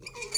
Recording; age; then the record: pig call; weaner (32 to 43 days)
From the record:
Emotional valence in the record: negative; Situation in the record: long isolation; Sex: female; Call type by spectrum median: high-frequency call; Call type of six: high-frequency stable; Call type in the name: high-frequency stable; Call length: 0.38 s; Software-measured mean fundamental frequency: 426 Hz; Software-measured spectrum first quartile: 3699 Hz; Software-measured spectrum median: 5175 Hz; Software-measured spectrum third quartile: 8091 Hz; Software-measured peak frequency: 4538 Hz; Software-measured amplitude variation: 228 dB a second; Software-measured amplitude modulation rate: 18.3 a second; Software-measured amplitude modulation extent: 12.5 dB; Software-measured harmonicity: 7.8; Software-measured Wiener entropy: -2.45